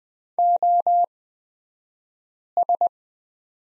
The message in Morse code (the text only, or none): OS